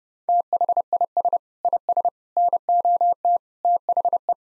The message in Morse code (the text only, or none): THIS IS NOT THE